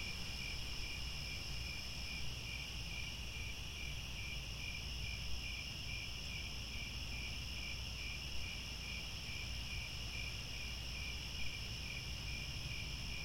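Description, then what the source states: Crickets keep up a fast, even chirping pulse with overlapping high trills over a constant low rumble. Chorus of crickets at twilight, as the sun sets and stars come out.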